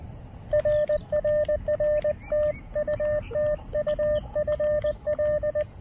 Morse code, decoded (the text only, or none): RRR TU TU FL